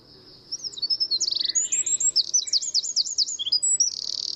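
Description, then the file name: Eurasian wren song, a rapid cascade of high, sharp trills and chattering notes running energetically for about four seconds. "Troglodytes troglodytes"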